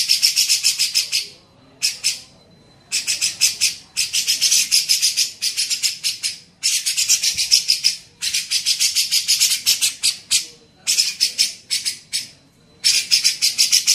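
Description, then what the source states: Grey-cheeked bulbul in repeated bursts of rasping, scratchy chatter, each a second or two long, separated by short gaps where a faint tone is heard. Masteran recording used to train songbirds; Indonesian name cucak jenggot.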